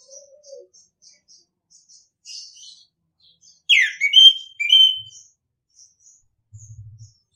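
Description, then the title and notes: Orange-headed thrush: faint high chirps and soft low notes, then a loud phrase of downward-swooping and level whistles; a low buzzing sound follows. Masteran (training) song in the ngeplong style. "ANIS KEMBANG NGEPLONG. Masteran Anis Kembang"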